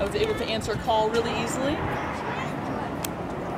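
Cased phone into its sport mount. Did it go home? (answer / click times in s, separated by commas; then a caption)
yes / 3.1 s. A phone in its protective case is put back into its sport mount while someone talks over a low background hum. A short, sharp click at 3.0 s marks the case snapping into the mount, and it is seated.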